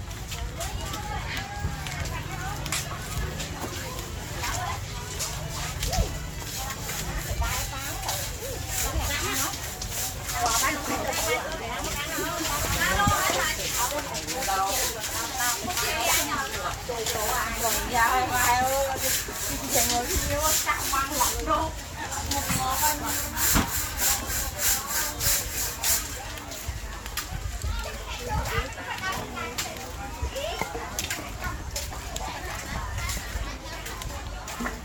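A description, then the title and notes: A busy harbour market with many voices talking over one another, continuous throughout. Sharp clacks and knocks, like chopping or wood striking wood, crop up frequently, thickest in the middle stretch, over a low steady rumble of background hubbub. Harbour market, Kep, Cambodia in August 2022 – by Oliver Young and Lauren Lai.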